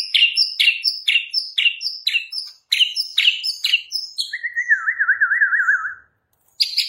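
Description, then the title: White-rumped shama song: a run of sharp repeated chipping notes, then a long wavering warbled whistle. Training song, full rolling and shooting song style. "Masteran Murai Batu Full Ngerol Nembak"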